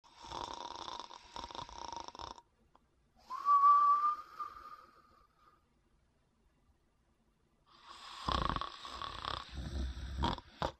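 Three snoring breaths are heard about every four seconds. Two are rattling, fluttery inhalations and one between them is a whistling, tonal breath. This is ordinary snoring, caused by vibration of the soft tissues of the upper airway during sleep.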